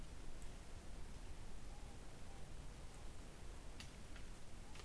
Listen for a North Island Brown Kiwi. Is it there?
no